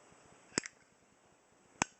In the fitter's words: right here is where the click is okay if you hear that